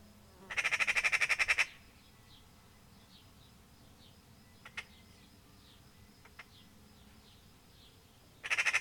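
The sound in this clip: Magpie giving a harsh, rapid rattling chatter of many dry notes, then a long quiet gap with faint chirps and clicks before the chatter resumes at the end.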